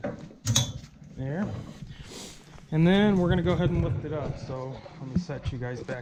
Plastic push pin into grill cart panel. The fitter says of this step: wait for it to snap yeah